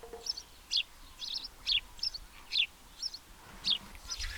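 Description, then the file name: House sparrow giving several short bright chirps, with a low rumble near the end. "Passer domesticus"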